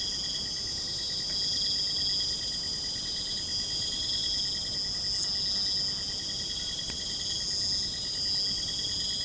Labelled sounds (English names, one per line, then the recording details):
none
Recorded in pastures near Puerto Asís, Putumayo, Colombia, on 22 June 2025 at 22:30
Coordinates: 0.472, -76.331
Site G095